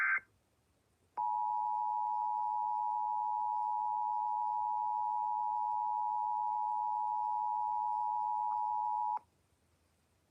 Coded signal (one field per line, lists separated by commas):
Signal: Emergency Alert System (SAME) tones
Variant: 853 and 960 Hz attention tone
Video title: EAS Severe T’storm Warning #29 3/14/25 (Credit Goes To @SouthernPennsylvaniaWX & @KanawhaCountyWX)